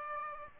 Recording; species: mosquito wingbeat signal from an infrared sensor; Aedes aegypti